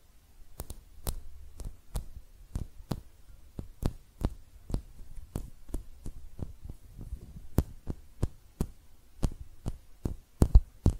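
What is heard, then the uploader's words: Hand sounds made of sharp, crisp taps or snaps that come in a steady, fairly regular run, about two or three each second. Each one is a brief, bright click over a soft low rumble, with a few louder hits near the end. ASMR Relaxing Hand Sounds (No Talking).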